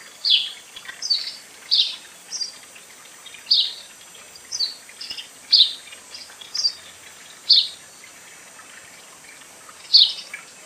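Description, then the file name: House sparrow calling with spaced single and double chirps at irregular gaps, over a quiet hissing background. "Passer domesticus"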